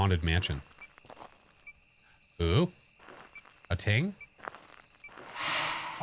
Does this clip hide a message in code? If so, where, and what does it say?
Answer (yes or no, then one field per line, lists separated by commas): no